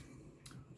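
A replacement screen assembly is pressed into a new iPhone 13 metal housing frame after being checked as centred and engaged at the top. A single short, bright snap sounds at 0.5 s over a low background hum, and the screen is seated in the chassis.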